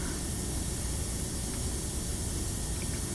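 A metal lifter spring is handled during reassembly of a shotgun trigger group with an MOA Precision LightningLoad lifter, its leg in the end of the hole as it is flexed toward the pocket in the lifter. Only a steady broadband hiss is heard, with no distinct hit. Nothing has snapped into the pocket or seated yet.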